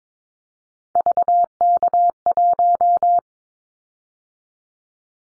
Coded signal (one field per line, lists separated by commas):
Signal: Morse code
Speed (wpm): 22 wpm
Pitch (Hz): 700 Hz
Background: none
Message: VK1